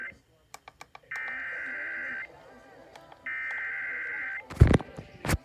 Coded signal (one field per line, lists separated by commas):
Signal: Emergency Alert System (SAME) tones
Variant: header bursts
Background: speech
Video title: EAS Completion #29 EAS Alerts From July 2 EAS 816-848